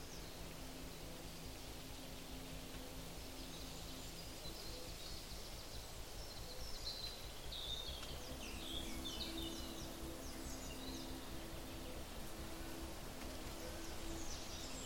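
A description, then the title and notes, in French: A walk in the forest with a steady wash of outdoor noise throughout. Bird chirps and trills flicker high above, clustering between about five and eleven seconds. Underneath runs a low, even hum like a far-off engine. Balade en forêt bercé par les sons de la nature.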